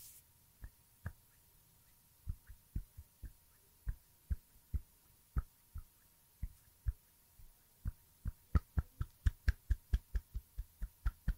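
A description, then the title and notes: Fingers tap and flutter in short, soft thuds, sparse at first and then quickening into a dense, rhythmic patter toward the end. Each tap is low and muffled with a slight click on top, over a faint steady hum. ASMR Finger Fluttering With Anticipatory Trigger And Hand Sounds (No Talking).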